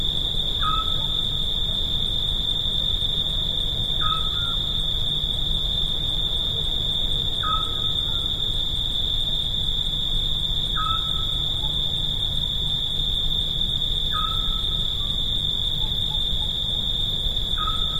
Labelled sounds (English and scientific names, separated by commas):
Eurasian Scops Owl (Otus scops) song